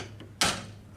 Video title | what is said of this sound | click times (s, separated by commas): Steer Stop™ Steering Lock Install | click one on one side of the hydraulic steering run it through run the other through | 0.4 s